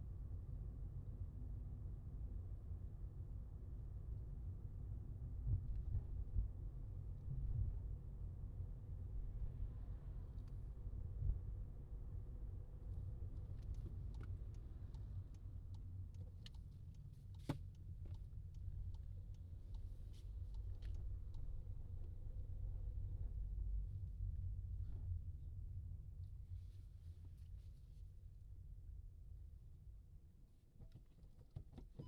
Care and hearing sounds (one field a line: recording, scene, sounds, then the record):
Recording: everyday scene through a hearing-aid microphone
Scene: in a vehicle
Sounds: engine, rumble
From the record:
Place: Skoda Fabia, gasoline engine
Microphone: in the ear canal, left